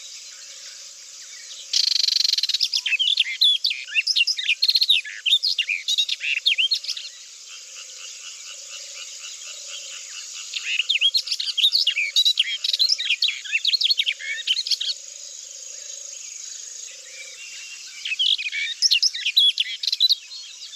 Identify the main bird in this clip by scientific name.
Sylvia nisoria